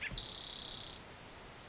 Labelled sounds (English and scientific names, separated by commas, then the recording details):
Spotted Towhee (Pipilo maculatus)
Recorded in Sonoma County, California